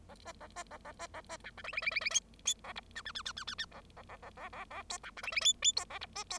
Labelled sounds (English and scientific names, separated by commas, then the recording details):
Bengalese Finch (Lonchura striata domestica) song
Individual Bird0